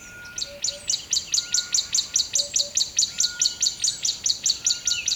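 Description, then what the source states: Bird song, a long fast run of many sharp high notes, steady throughout, with faint other chirps and constant background hiss. Recorded by a river at dawn, close to the bird.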